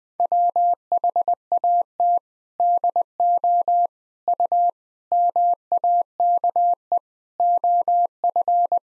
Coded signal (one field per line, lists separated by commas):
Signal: Morse code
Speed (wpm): 20 wpm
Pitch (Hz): 700 Hz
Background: none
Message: WHAT DO U MAKE OF